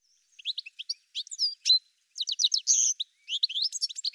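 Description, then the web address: Bird singing a fast, varied jumble of sharp high chirps and short trills, with a brief gap near two seconds before it resumes. "cianscape birddata"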